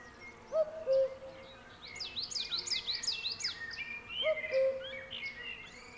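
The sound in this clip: Cuckoo giving two falling two-note calls several seconds apart, with a burst of high songbird twittering between them.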